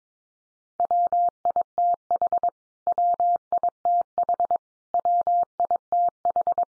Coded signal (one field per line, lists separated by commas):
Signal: Morse code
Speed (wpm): 22 wpm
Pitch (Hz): 700 Hz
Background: none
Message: WITH WITH WITH